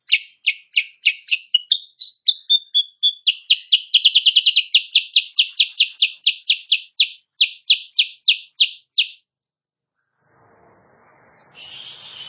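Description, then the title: Sooty-headed bulbul song: steady stream of rapid chirps, briefly softening to whistled notes, then speeding up again before a faint hiss. Morning singing, used as a tutor for training other songbirds; said to make rival birds answer. "Masteran Kutilang Sutra. Kutilang Sutra GACOR pagi hari bikin lawannya AUTO NYAUT"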